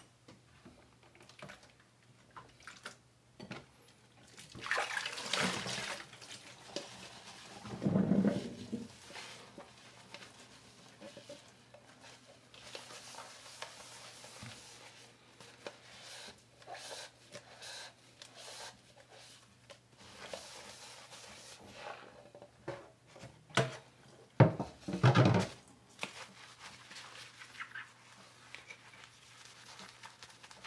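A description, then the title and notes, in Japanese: Sounds around a bowl of seared bonito ramen: a steady low hum runs underneath throughout, with scattered small clicks and taps. Louder rushing bursts, like slurps, come near 5, 8 and 25 seconds, with quieter stretches in between. 環境音 かつおのたたきらーめん。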